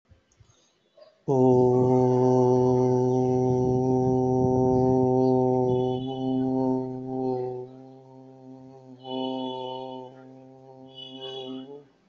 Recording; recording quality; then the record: sustained vowel as in boot; excellent, no background noise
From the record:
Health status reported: healthy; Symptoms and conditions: asthma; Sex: male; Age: 31 years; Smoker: not ticked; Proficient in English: yes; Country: India